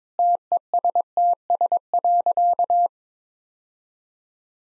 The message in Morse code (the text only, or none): TESTS.